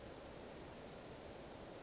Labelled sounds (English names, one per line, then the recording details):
Western Flycatcher
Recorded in Sonoma County, California